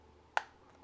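A replacement battery flex connector is pressed onto its socket on a smartphone logic board. A single sharp click sounds at 0.4 s, and the connector is confirmed seated in place.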